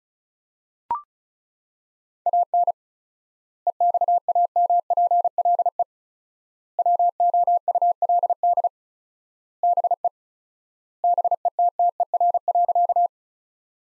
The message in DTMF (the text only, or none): none